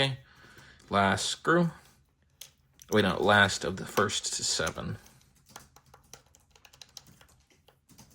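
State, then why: Not seated. A screw is being turned backwards in an old plastic controller shell so it can drop into the existing thread with a click instead of cutting a new one. Someone talks, then faint small ticks and scrapes of handling follow. Nothing has seated or clicked yet.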